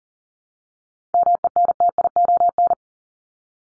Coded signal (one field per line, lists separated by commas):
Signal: Morse code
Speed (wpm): 40 wpm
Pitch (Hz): 700 Hz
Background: none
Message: MENTION